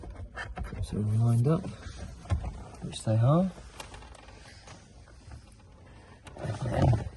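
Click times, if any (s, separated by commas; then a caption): none. Plastic trim panel clips are lined up with the openings in a Range Rover L405/L494 dashboard during an infotainment and climate panel install, held in position before being pushed home. Someone talks over small handling knocks, with brief taps around 0.6, 3.8, 4.2, 6.3 and 6.9 seconds. Nothing has clicked into place yet.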